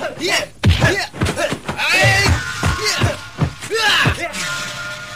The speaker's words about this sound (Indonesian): Layang Suta terus menyerang Panjun dengan pukulan-pukulan tangan kosongnya.